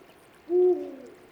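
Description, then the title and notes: Eurasian eagle-owl uttering one deep, steady hoot that fades with a short trailing note, against faint background hiss. Male calling at 4:45 am on 12 March 2020 in the Dentelles de Montmirail cliffs, back from hunting, announcing his presence to the female; distant ambience; Nagra Seven recorder, MKH20 microphone. "Dentelles de Montmirail. l&#39;appel d&#39;un Grand-duc d&#39;Europe ( Bubo bubo)"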